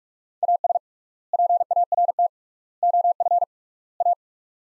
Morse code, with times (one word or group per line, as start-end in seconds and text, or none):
0.4-0.8 AS
1.3-2.3 PART
2.8-3.4 OF
4.0-4.1 A